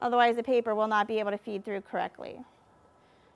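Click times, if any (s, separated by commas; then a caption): none. Someone talks for about 2.4 seconds while handling the document handler cover on a Xerox copier, which must lock into position so the paper can feed through correctly. The rest of the clip is a faint, steady hum. Nothing has seated or clicked yet.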